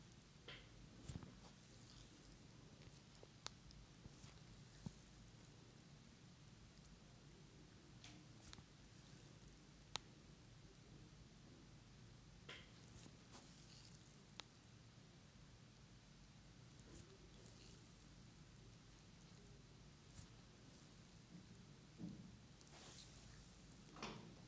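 A head, neck, back and face massage: a steady low rubbing hush runs throughout, with soft swishing strokes rising at irregular moments. Sharp small clicks and taps pop up every few seconds, and a brighter brushing burst comes near the end.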